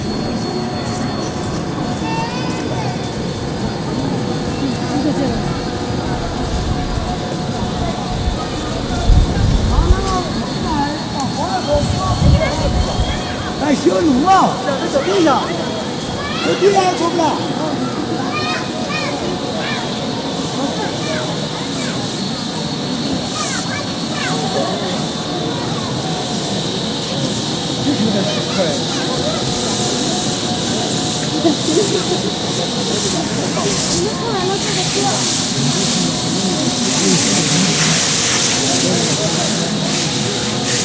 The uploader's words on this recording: Sounds from a walk (khora) around the Jokhang ,first temple of Lhassa, Tibet ,with a flow of pilgrims and religious shops. Electronic treatment in direct.